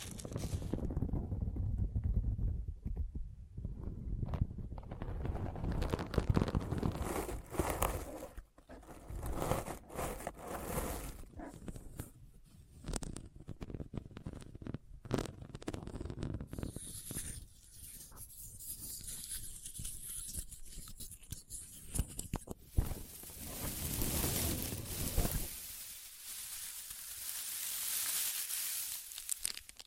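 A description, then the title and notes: A Christmas trigger assortment of varied tapping, crinkling and rustling sounds that shift every few seconds, ending with a bright, hissy scratching stretch. Christmas Trigger Assortment (No Talking).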